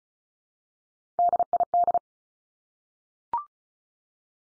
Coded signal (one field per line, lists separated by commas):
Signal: Morse code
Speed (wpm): 34 wpm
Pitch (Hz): 700 Hz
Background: none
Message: DID